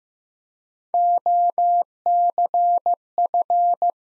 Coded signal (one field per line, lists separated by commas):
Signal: Morse code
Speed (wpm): 15 wpm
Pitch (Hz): 700 Hz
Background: none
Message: OCF